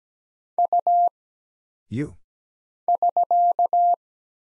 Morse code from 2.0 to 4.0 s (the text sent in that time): <SK>